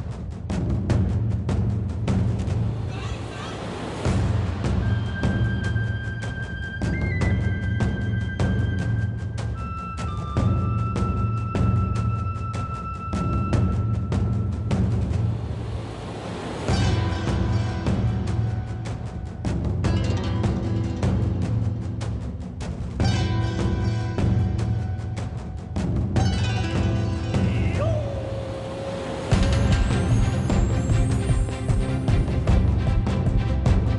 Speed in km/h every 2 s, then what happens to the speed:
95, 100, 98, 95, 97, 98, 98, 101, 101, 103, 106, 103, 103, 101, 100, 97, 98.
0-34 steady at about 100.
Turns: none.